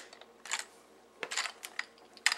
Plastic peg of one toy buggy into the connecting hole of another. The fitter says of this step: and push Till You Hear The Click